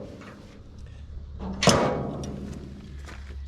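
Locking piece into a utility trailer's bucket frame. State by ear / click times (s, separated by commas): seated / 1.6 s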